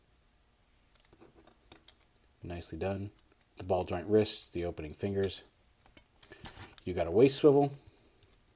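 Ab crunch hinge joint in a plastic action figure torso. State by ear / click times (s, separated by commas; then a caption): not seated / none. Someone talks while handling a plastic Mastermind Creations R-45 MNEMO & MOTIF action figure, with faint plastic clicks and taps between the words. The figure's ab crunch, a hinge joint at the waist of its torso, is being worked, but nothing has snapped into place yet.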